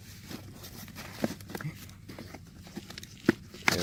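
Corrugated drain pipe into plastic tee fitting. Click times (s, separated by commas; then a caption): 3.7 s. A corrugated 6-inch plastic drain pipe end is pushed into a plastic tee fitting for a French drain, with faint crinkling, scraping and a few small clicks. It seats with a sharp, loud snap at 3.7 seconds.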